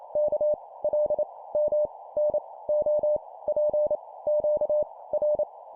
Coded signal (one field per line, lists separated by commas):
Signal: Morse code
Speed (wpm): 28 wpm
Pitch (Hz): 600 Hz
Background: none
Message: K L M N O P Q R